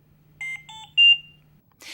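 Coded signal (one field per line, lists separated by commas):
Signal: alarm pattern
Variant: Trilogy 100 ventilator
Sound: three quick melodic beeps, each higher in pitch, over a faint low hum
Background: electrical hum, room noise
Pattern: 3 short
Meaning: Medium priority alarm requiring prompt attention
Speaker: this is a medium priority alarm you hear three beeps in a repeating pattern and the audio pause button flashes yellow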